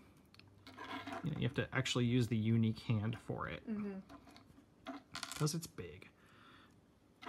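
Someone talks while fitting a large plastic weapon into the dedicated hand part of an RG Gundam 00 QAN[T] model kit, with a few light plastic clicks and handling taps. Nothing has seated or clicked into place yet.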